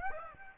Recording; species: mosquito wingbeat signal from an infrared sensor; Aedes aegypti